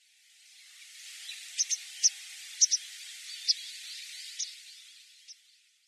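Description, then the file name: White wagtail calling with sharp, high chipping notes, some in quick pairs, over a soft hiss. Masked subspecies; Yonaguni, Japan; 8 April 2018. "mengatahakuseki yonaguni yanagawa"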